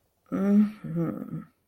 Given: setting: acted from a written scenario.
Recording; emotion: vocal sound without words; desire